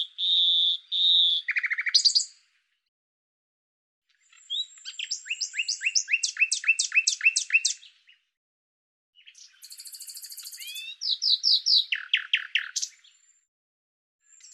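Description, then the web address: Bird singing clear whistled notes, then after a pause a fast series of repeated sharp chirps, followed by a high buzzy burst and another quick chirping run. "Deverinetal 2025 Bird Lu Me Lu Me"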